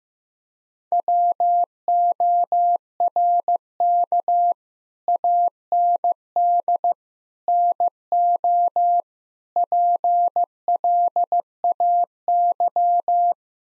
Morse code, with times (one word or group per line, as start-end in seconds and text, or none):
0.9-4.5 WORK
5.1-6.9 AND
7.5-9.0 NO
9.6-13.3 PLAY